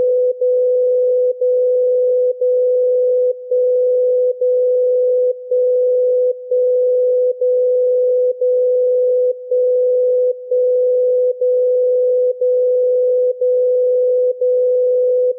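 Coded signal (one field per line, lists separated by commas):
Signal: radio time signal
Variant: DCF77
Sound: continuous low tone broken by a short dip each second, about 15 dips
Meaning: Each one-second amplitude dip marks a second and encodes time-code bits for radio-controlled clocks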